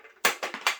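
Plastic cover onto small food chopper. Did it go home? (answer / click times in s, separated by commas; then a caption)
yes / 0.3 s, 0.7 s. The plastic cover of a small food chopper is popped down onto a little nub and locks into place with short, bright plastic clicks at 0.3 and 0.7 seconds, with two softer ticks in between. The cover is seated.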